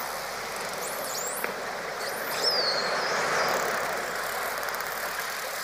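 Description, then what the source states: Dolphin whistles, several short curling sweeps then a bright falling whistle, with faint clicks near the end, over constant underwater hiss. Dolphins recorded deep underwater, communicating with each other.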